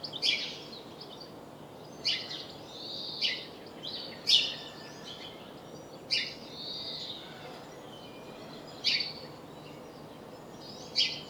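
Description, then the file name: House sparrow giving short sharp chirps, irregularly repeated, with brief chattering notes between them, against a constant low hiss. "Passer domesticus"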